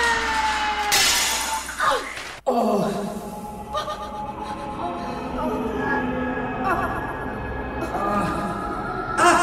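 A mirror shatters with a sudden bright crash, followed by a long scatter of tinkling, ringing glass fragments that keep chiming and settling for several seconds.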